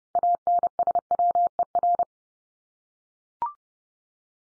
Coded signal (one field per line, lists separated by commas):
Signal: Morse code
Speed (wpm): 30 wpm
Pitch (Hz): 700 Hz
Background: none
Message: ANSWER